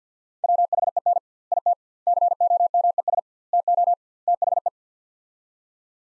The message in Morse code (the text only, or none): WHEN IT COMES TO THE